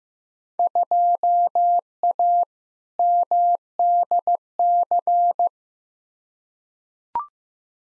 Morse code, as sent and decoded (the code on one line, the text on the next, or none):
..--- .- / -- -.. -.-.
2A MDC